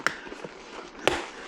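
A cheek pad is pulled out of a motorcycle helmet shell, and its plastic snap fasteners release with two sharp snaps at 0.1 s and 1.1 s. Faint handling sounds fill the moments between them. The cheek pad comes free of the shell.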